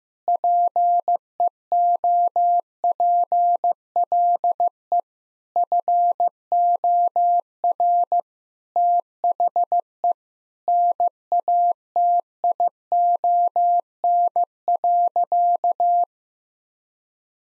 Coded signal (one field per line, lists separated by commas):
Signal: Morse code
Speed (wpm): 15 wpm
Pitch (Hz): 700 Hz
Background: none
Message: PEOPLE FOR THE NATION.